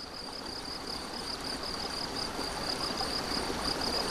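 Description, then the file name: High rapid cricket pulses, growing louder toward the end, with the babbling of running water throughout. Crickets beside a stream, recorded 7 May 2014 on an MZ-N 710 recorder. "MZ-N 710 Ruisseau et grillons 7 05 14"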